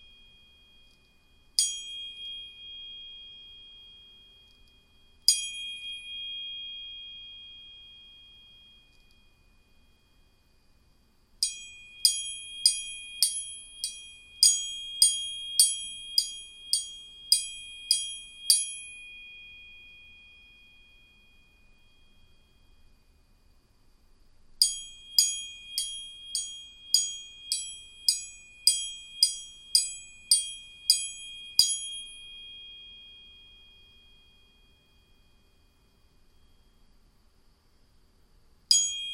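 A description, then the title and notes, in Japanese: Two tuning forks are struck, each ringing a clear, high, steady pitch that lingers and fades. Single strikes come early, then two quick runs of about a dozen taps each, one near the middle and one later. Between strikes, near silence with faint low hum. 音叉チューニング2本。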